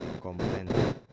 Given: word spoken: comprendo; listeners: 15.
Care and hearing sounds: one Spanish word in noise, from a listening test; noise modulated by one talker; -10.2 dB; 2 of 15; 7 of 15; 0.73 s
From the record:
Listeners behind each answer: 7, 2, 2, 1, 1, 1, 1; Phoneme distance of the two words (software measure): 17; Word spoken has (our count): 3 syllables, 9 phonemes, stress on syllable 2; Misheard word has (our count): 3 syllables, 10 phonemes, stress on syllable 3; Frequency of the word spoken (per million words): 12.29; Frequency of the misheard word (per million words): 53.04

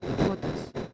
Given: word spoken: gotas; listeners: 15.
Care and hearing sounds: one Spanish word in noise, from a listening test; noise modulated by one talker; -7.2 dB; 4 of 15; 7 of 15; 0.53 s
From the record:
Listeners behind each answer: 7, 4, 1, 1, 1, 1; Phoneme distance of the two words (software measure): 10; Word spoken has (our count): 2 syllables, 5 phonemes, stress on syllable 1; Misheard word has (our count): 2 syllables, 5 phonemes, stress on syllable 1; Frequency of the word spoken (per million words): 15.85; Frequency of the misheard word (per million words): 12.55

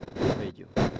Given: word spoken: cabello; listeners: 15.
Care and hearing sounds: one Spanish word in noise, from a listening test; noise modulated by one talker; -10.8 dB; 0 of 15; 6 of 15; 0.60 s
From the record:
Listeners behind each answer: 6, 3, 2, 1, 1, 1, 1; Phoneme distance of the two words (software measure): 37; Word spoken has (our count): 3 syllables, 6 phonemes, stress on syllable 2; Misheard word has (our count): 3 syllables, 7 phonemes, stress on syllable 2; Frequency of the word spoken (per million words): 19.99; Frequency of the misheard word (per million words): 2.86

